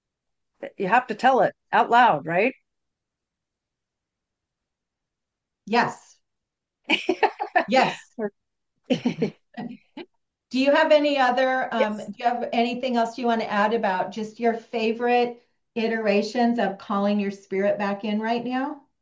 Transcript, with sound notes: you have to tell it out loud, right?
Yes.
(laughs)
Yes. Do you have any other, um-
Yes.
... do you have anything else you wanna add about just your favorite iterations of calling your spirit back in right now?